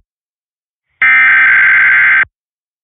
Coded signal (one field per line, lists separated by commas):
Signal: Emergency Alert System (SAME) tones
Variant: header bursts